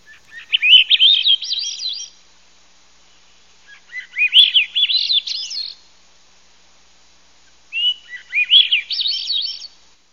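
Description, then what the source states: Swainson's thrush song: three fluty, upward-spiralling phrases, each about two seconds long, separated by pauses of nearly two seconds, with no other sounds. A secretive thrush, last of the thrushes to arrive, singing a musical song as twilight starts, heard late at night or early morning.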